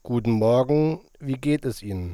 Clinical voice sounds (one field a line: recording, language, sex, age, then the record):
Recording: spoken sentence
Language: German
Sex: male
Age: 30 to 39 years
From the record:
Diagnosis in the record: healthy voice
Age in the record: 30 years